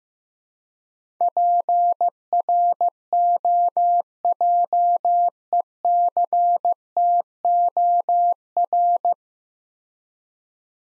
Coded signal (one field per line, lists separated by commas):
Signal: Morse code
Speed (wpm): 15 wpm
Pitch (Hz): 700 Hz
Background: none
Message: PROJECTOR